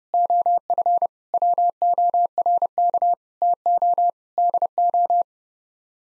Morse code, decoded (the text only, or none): OF WORK TO DO